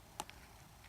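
A flex cable connector is pressed back onto its socket on the logic board while an iPhone 6S is being reassembled after a screen replacement. It snaps into place with a sharp click at 0.2 s, followed by a fainter tick at 0.3 s over a quiet background. The connector is seated.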